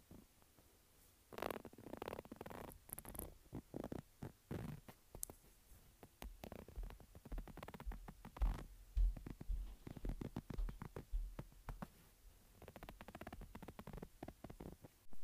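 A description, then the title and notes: Tapping and scratching on a textured phone case, with quick bursts of short taps and rough scraping strokes starting after a quiet first second. The sounds come in irregular clusters throughout, with a low thumping undertone on some taps and brief pauses between runs. Tapping and Scratching Textured Phone Case.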